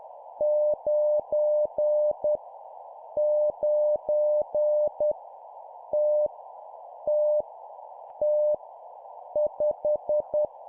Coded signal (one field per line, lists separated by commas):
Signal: Morse code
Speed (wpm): 10 wpm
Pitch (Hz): 600 Hz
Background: none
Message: 9 9 T T T 5